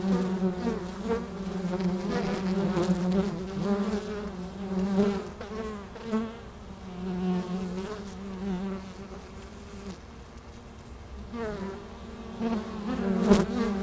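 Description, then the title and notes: Honey bees humming in a continuous low drone, individual buzzes rising and falling as bees come and go, with a brief click near the end. Hive entrance in the bee pavilion of a botanical garden in Meise, Belgium; microphones placed at the hive entrance. "Meise, Belgique - Abeilles - Bees. Pavillon des abeilles, micros placés à l'entrée de la ruche. Meise, botanical garden. Pavilion bees, microphones placed at the entrance of the hive"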